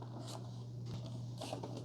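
The power cord of a Dreo Nomad One tower fan is pressed into the small plastic retaining hooks under the fan base, giving soft rustling and scraping handling sounds over a steady low hum. Brief faint ticks come at about 0.0, 1.1, 1.4 and 1.6 seconds. The cord has not seated in the hooks yet; nothing has clicked.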